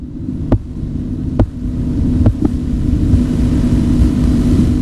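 A few soft, faint taps about a second apart fade out within about 2.5 seconds, leaving only a low background hum. This is phase 5 of the Korotkoff sounds, heard through a stethoscope over the artery below the cuff as cuff pressure falls: the moment the tapping disappears marks the diastolic blood pressure.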